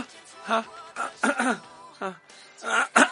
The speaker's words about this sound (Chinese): 你到底是要娇喘还是要咳嗽？ 娇喘，发现有痰就咳一下。